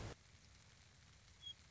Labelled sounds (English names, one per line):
Western Meadowlark